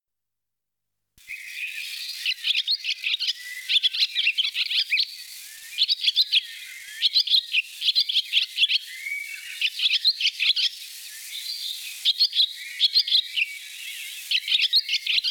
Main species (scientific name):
Hirundo rustica